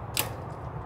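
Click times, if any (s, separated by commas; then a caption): 0.2 s. After the storage caps are removed, a cold-water hose quick-release coupling is pushed onto the cold-water inlet of a Joolca HotTap water heater. One sharp click at 0.2 s sounds over a steady low background hum. The coupling pops in and is seated.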